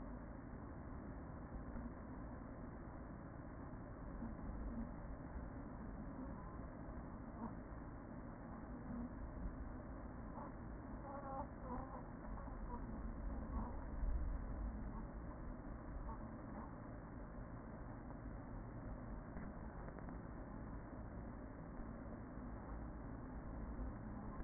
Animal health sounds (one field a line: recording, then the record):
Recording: honeybee colony, microphone inside the hive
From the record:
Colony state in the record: queen present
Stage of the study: after two queens were removed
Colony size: about 40,000 bees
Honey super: no